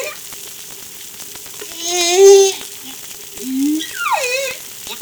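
Whale calls: a rich harmonic call, then a brief lower tone and a steep falling sweep near the end, over a constant background hum.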